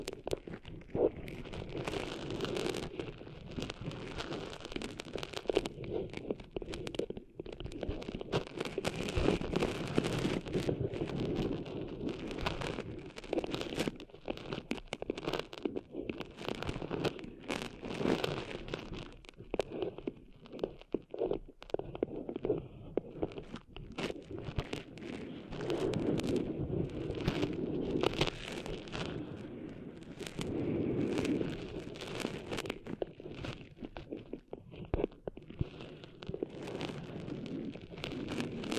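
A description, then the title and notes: Cleaning sand out of an ear, heard as constant close scratching and rubbing with dense crackly rustles that come in rapid bursts throughout. Low muffled thumps and scraping swell in places, notably around 10, 26 and 31 seconds, with no clear pauses. ASMR Cleaning Sand Out of Your Ears (No Talking).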